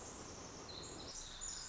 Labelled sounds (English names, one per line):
Pacific Wren